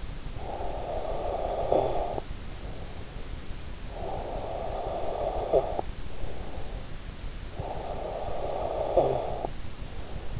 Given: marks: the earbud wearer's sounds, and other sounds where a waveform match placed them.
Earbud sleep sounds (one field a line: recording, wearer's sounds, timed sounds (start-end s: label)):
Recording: sounds in sleep by an in-ear microphone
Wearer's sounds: snoring breath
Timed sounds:
0.00-2.70 s: snoring breath
3.73-6.96 s: snoring breath
7.21-10.40 s: snoring breath